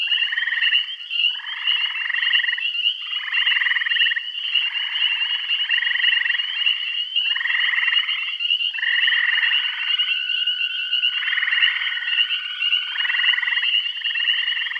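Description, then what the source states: Many frogs trilling in short buzzy bursts about a second long, one after another, plus a steady whistled tone held for several seconds and a continuous high hum. Bath County.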